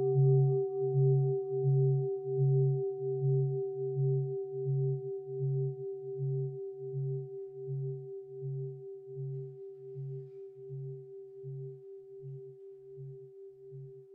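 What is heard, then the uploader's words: An ancient bell hums with a steady ringing tone over a low pulsing throb that beats regularly, gradually fading across the whole clip. The ancient bell.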